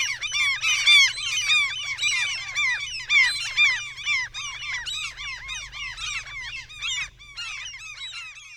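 Common gulls calling together, a dense overlapping chorus of squealing, arched mewing cries that rise and fall in loudness in waves.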